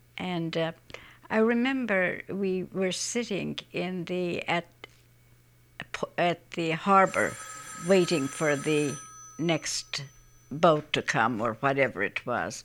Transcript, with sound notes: And I remember we were sitting in the, at the harbor (a telephone rings in the background) waiting for the next boat to come or whatever it was.